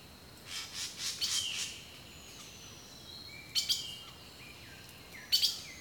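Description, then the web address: Bird calls: soft swelling notes at first, then crisp, high doubled chips twice, with faint whistles in the background. Birdsong recorded in a rainforest, from a nature sounds collection. "The Natural Sounds of the Wilderness 10 CDs collection Echoes of Nature - Rainforest Birdsong"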